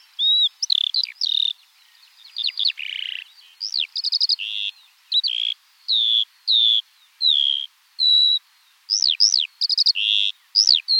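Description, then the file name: Continuous Eurasian skylark song, a long varied chain of high warbles, trills, buzzes and sharp slurred whistles with barely any break. Eurasian skylark singing in flight. "alouette des champs en vol"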